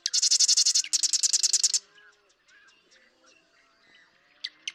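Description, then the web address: Marsh Wren song: two loud rapid rattling trills back to back, followed by quiet background chirps and two short sharp notes. "birdsongforthecurious Marsh Wren"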